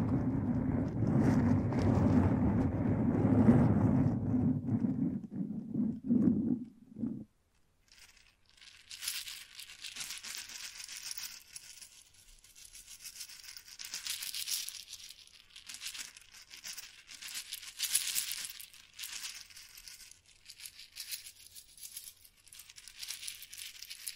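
Heavy brushing against a microphone opens the recording: a dense, low, muffled rumble lasting about seven seconds before cutting off abruptly. After a brief silence, lighter scratching follows, bright, papery and uneven, coming in irregular bursts through to the end.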